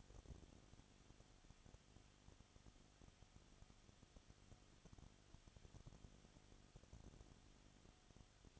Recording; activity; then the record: daily activity, microphone in the room; no activity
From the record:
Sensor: 4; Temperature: 22.7 degrees Celsius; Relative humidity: 31.7%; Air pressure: 995.4 hPa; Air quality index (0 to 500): 158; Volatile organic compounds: 2 ppm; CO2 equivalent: 1252 ppm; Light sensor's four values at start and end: 2/3/1/1 and 2/3/1/1